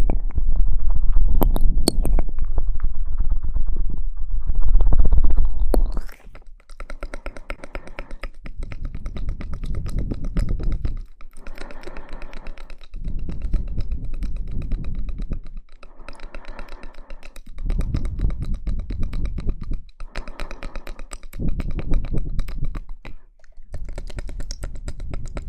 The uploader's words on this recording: Mouth Sounds.